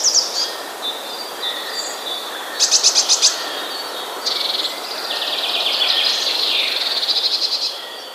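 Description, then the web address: Eurasian blue tit song: very high, thin notes followed by buzzy trills, against a steady background hiss. "wroblowe teka spiew. modraszkoteka"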